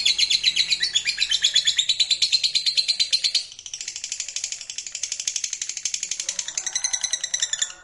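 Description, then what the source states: Lovebird chattering song, a fast continuous run of high, scratchy chirps that turns softer and buzzier about halfway through. Lovebird song used to stimulate other lovebirds.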